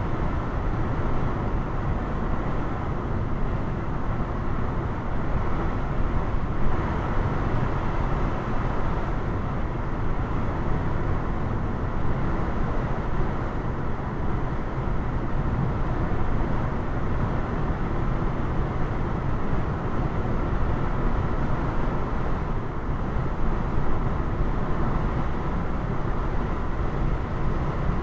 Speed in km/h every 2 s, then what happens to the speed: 103, 103, 103, 103, 103, 103, 103, 103, 105, 105, 105, 105, 105, 105.
0-28 steady at about 103.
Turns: none.